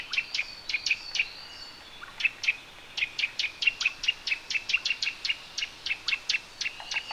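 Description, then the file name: Eurasian nuthatch uttering rapid sharp, clear notes, several per second, in a long excited series with a brief pause midway, over a faint background hiss. "Sitta europaea"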